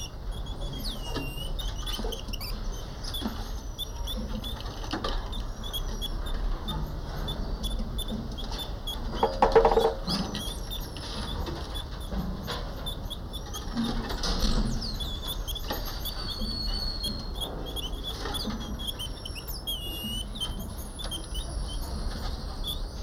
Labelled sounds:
Cottontop Tamarin (Saguinus oedipus) call
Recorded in captivity
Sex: group
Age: diverse
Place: Primatenstation Kassel, Hessen, DE
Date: 1995-09-24 14:01
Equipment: Sony WM-D6C, Sennheiser ME 80, Kopie Uher 4000 Report Monitor
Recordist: Tembrock, Günter

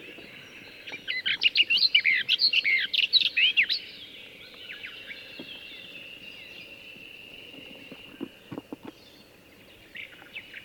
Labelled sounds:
Barred Warbler (Sylvia nisoria) song
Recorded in the wild
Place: Dumbraveni, Transilvania, RO
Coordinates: 46.23, 24.575
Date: 1976-06-05 04:15
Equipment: Nagra III BH, Sennheiser MD 21, parabola
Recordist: Schubert, Michael

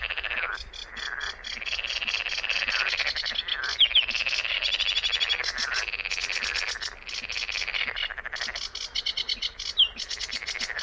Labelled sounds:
Sedge Warbler (Acrocephalus schoenobaenus) song
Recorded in the wild
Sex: male
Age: adult
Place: Kützerhof, Kummerower See, Mecklenburg-Vorpommern, DE
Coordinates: 53.8494, 12.8597
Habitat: wetland
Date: 2009-06-16
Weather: fair, ca. 15 °C, weak westerly winds
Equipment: Sound Devices 702, Sennheiser MKH 70, Popschutz
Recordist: Frommolt, Karl-Heinz

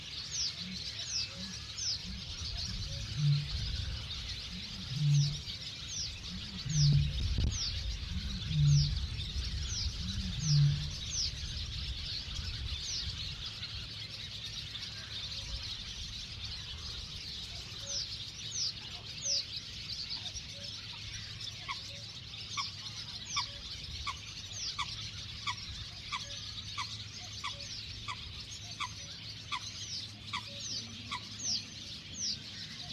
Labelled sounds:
Barn Swallow (Hirundo rustica) call
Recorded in the wild
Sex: diverse
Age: adult
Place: Kützerhof, Kummerower See, Mecklenburg-Vorpommern, DE
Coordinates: 53.8531, 12.8686
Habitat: wetland
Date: 2010-06-22
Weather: fair, 9°C, weak winds
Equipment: Sound Devices 702, Rode NT1A
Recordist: Frommolt, Karl-Heinz

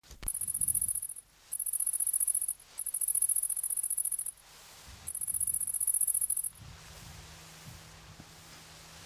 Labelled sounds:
Great Green Bush-cricket (Tettigonia viridissima) stridulation
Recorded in the wild
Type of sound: stridulation
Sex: male
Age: imago
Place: Stubbenfelde, Insel Usedom, Mecklenburg-Vorpommern, DE
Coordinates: 54.035, 14.0311
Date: 1983-09-24 13:42
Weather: sonnig, 16°C, starker Wind
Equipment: Nagra SN, Sennheiser MKH 416 T, Kopie Uher 4000 Report Monitor
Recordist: Tembrock, Günter
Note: Stridulation. Weidenhecke an einem Garten, Kölpinsee

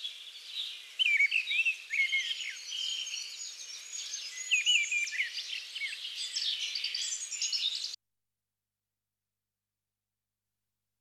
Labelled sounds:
Mistle Thrush (Turdus viscivorus) song
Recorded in the wild
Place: Kandel /Schwarzwald; Waldkirch, Baden-Württemberg, DE
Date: 2000-06-02
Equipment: MiniDisc Sharp MT 20 H
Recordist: Schwarz, Dieter
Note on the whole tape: Song

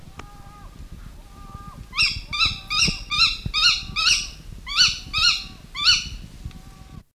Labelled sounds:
Tawny Owl (Strix aluco) alarm call
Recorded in the wild
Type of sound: alarm call
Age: adult
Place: Gartow, Elbholzallee, Niedersachsen, DE
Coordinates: 53.0467, 11.4841
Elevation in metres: 16
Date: 1971-08-01
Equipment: Halbspur, 9,5 cm/s
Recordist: Lütgens, Hans
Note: Altvogel warnt erregt über Aufzeichner

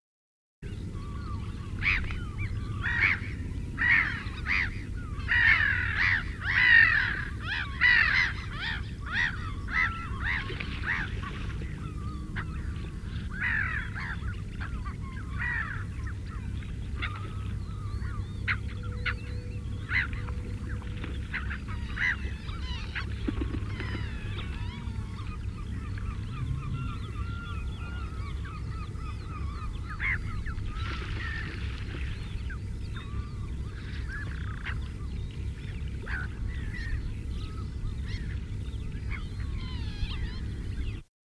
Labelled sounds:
Black-headed Gull (Chroicocephalus ridibundus) call
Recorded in the wild
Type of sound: call
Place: Zudar, Mecklenburg-Vorpommern, DE
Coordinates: 54.259, 13.352
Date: 1975-05-01
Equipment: Nagra III BH, Sennheiser MD 21, parabola
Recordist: Schubert, Michael
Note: Lachmöwen

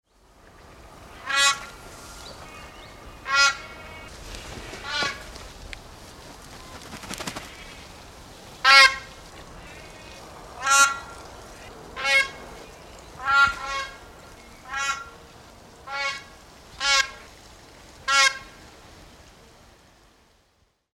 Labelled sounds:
Black Crowned Crane (Balearica pavonina)
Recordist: Tembrock, Günter
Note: Rufe

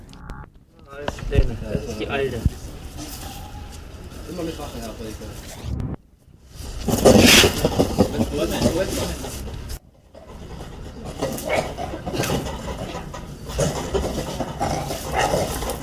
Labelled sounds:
Indian Crested Porcupine (Hystrix indica) call
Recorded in captivity
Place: Zoopark Erfurt, Thüringen, DE
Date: 1968-10-10
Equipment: Uher 4000 Report-S, Sennheiser MD 421
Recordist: Tembrock, Günter
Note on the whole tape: Abwehrlaute und Rasseln (leise), als Tier vom Pfleger mit einem Besen bedrängt wird. Zwei Tiere. Entfernung 2 bis 4 m

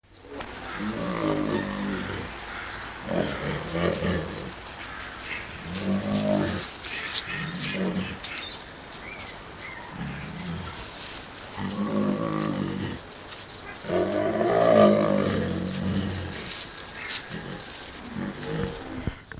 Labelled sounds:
Tiger (Panthera tigris) call
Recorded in captivity
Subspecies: tigris
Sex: female
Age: adult
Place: Zoo Rostock, Mecklenburg-Vorpommern, DE
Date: 1984-02-02 13:00
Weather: overcast, 2°C
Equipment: Nagra SN, Kopie Uher 4000 Report Monitor
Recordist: Tembrock, Günter
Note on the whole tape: Bengaltiger: Weibchen: Langlaute

